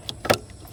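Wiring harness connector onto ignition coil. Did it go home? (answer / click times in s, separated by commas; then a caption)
yes / 0.3 s. A wiring harness connector is pushed onto the second ignition coil, and its plastic latch clicks home at 0.3 s, seating the connector. A brief sharp tick at about 0.1 s and a soft push sound just before the click precede it.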